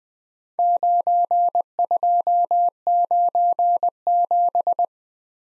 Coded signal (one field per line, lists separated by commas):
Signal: Morse code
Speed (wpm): 20 wpm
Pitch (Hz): 700 Hz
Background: none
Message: 9297